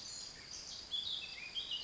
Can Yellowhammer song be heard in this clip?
no